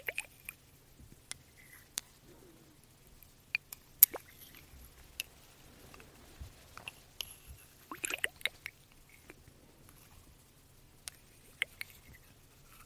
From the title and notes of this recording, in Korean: ASMR 톡톡 여러가지유리병 스포이드 소리.